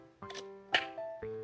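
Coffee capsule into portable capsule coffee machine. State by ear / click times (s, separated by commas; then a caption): seated / 0.8 s. A coffee capsule is put into the capsule holder of a portable coffee machine, and the holder is closed, with music playing underneath. A first knock comes at 0.2 s, then a sharp click at 0.8 s as the capsule seats and the machine is ready for its button to be pressed.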